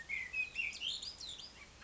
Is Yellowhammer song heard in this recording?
no